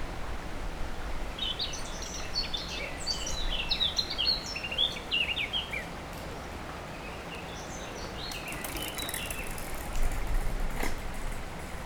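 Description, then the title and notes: Warbler song, a busy run of quick chirped notes early on, then fainter scattered phrases against steady background noise. Near the Sierroz river, allée Marcel Mailly, Aix-les-Bains, France; warblers singing without competition at this time of year; river level very low. "3 Rue des Pélicans, 73100 Aix-les-Bains, France - Fauvettes. Près du Sierroz allée Marcel Mailly , les fauvettes sont sans concurrence à cette époque , le niveau du Sierroz est très bas "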